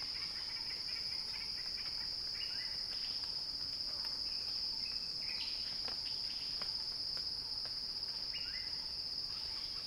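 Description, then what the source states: Cicada song, a steady shrill drone under repeated short chirping notes from other callers. Recording titled Cicada Crescendo.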